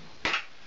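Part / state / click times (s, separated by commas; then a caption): plastic lid onto film developing tank top / seated / 0.2 s. A plastic lid is pressed onto the top of a film developing tank inside a dark bag, after the top section has been screwed on. A single sharp snap is heard at 0.3 s as the lid seats, followed by a brief smaller rise in loudness. There is no talk.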